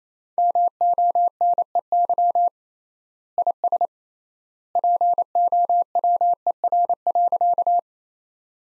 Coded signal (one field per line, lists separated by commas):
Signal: Morse code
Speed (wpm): 28 wpm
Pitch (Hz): 700 Hz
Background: none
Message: MONEY IS POWER.